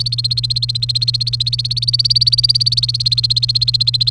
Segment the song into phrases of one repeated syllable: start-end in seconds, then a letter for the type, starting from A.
0.00-4.11 A